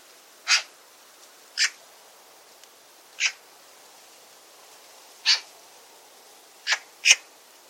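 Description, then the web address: Bird calls, brief sharp pips spaced irregularly, six in all, the last two close together. "Bird Only More Classes Pi Pi Pi Pi"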